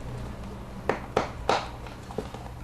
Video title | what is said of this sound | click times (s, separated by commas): Installing laminate flooring...how to shim out the first row | feel like hear that click | 1.5 s